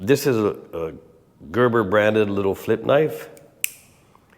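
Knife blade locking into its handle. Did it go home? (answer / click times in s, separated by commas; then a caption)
yes / 3.6 s. Someone talks about a small Gerber-branded flip knife, then at 3.6 s the metal blade is flicked open and locks into its handle with a single sharp snap. A couple of faint ticks follow as the sound dies away, and the blade is left locked open.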